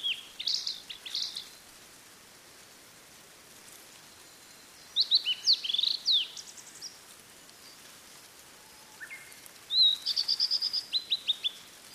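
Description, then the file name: Blue-and-white flycatcher singing three separate phrases of high whistles and trills, each ending in a fast burst of harsher chattering notes. "oruri"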